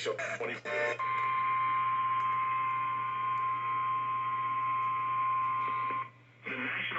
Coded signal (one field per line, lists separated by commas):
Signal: Emergency Alert System (SAME) tones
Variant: 1050 Hz attention tone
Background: speech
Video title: New Acquisitions with New Surprises... | EAS #201-206 (EAS Alerts from 4/22/2023)